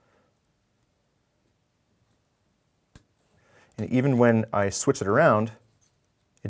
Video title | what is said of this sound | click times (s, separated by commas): Empire BT TM-7 Review, Breakdown, Efficiency and Shooting w/ HustlePaintball.com | it doesn't want to snap into place | none